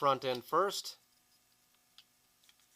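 Someone talks for the first second while the small handheld phaser module of a Star Trek phaser replica is placed front end first and lined up in the larger prop body, before the rear is pressed home. Only faint ticks follow, near 2.0 s and 2.4–2.5 s, as it is positioned; nothing has seated or clicked yet.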